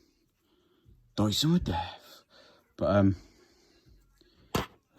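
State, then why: Seated. A VW T5 van's wing mirror glass is lined up on the plastic backing plate of the mirror motor inside the mirror housing and pushed in by hand. Someone talks, then a sharp click is heard at 4.6 s as the glass clips onto the backing, seating it in place.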